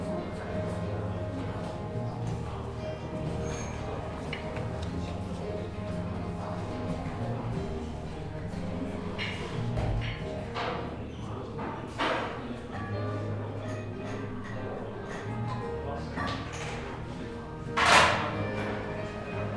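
Sitting in a café: a steady low murmur of voices and room hum fills all twenty seconds. Short clinks and clatters of cups or dishes break through now and then, with a sharper bright clatter near the eighteenth second.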